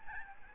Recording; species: mosquito wingbeat signal from an infrared sensor; Aedes albopictus